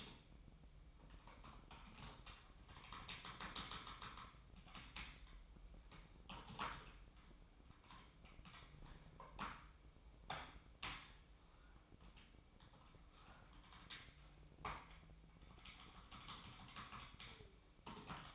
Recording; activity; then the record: daily activity, microphone in the room; typing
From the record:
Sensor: 1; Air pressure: 1007.6 hPa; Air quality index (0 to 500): 79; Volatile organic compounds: 1 ppm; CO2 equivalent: 685 ppm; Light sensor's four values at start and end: 12/30/12/14 and 12/30/12/14